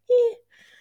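Brief squeaky tone, an adult imitating the stridor of croup in a child: a high-pitched noise from a narrowed upper airway. Croup typically affects children aged 6 months to 6 years, usually under three, more often boys, with a barking, seal-like cough; the stridor tends to appear suddenly after a day or two of being unwell.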